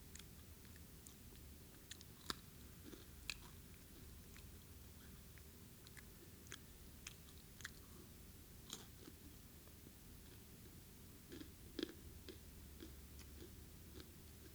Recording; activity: daily activity, guitar pickup as the sensor; eat